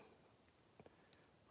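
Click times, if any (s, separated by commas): none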